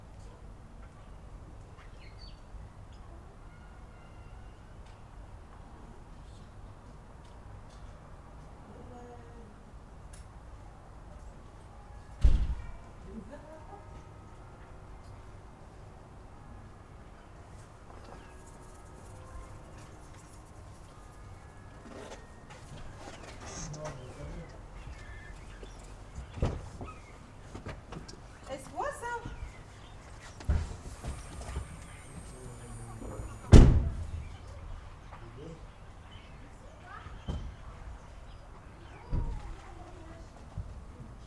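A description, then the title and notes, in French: Outdoor ambience in a residential housing estate in Masevaux: a steady low murmur with faint voices and an occasional bird. A sharp knock lands near 12 seconds and a louder bang near 33 seconds, with scattered clatter and thuds growing busier after 25 seconds. Masevaux lotissement 13 11 18 18h. 1 x Sennheiser me64 + K6 > marantz pmd620.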